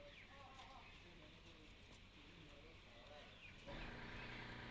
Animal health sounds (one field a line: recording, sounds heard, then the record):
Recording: poultry house recording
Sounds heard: healthy chickens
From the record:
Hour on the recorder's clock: 9